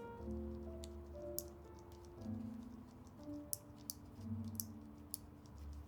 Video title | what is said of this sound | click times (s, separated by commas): Alas Build Stream | you guys hear all that clicking that's the switch being fully seated | 1.4 s, 3.5 s, 3.9 s, 4.6 s, 5.1 s